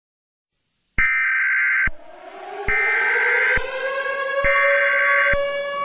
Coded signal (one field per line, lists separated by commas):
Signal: Emergency Alert System (SAME) tones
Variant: header bursts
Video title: eas scenario evil barney invasion(lipra seven 2019 re-upload)